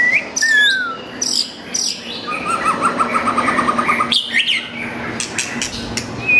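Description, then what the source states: White-rumped shama giving a falling whistle and sharp notes over a steady, rapid insect-like trill that runs through the middle. Masteran training song of white-rumped shama (murai batu) for cage birds.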